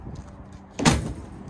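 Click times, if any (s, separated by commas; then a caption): 0.8 s. A light roll-up tonneau cover on a 2021 Chevy Silverado Trail Boss is closed, and its latch catches into the pickup bed rail with a single sharp hit at 0.8 s. Low rumbling background noise runs under the clip. The cover is locked in place.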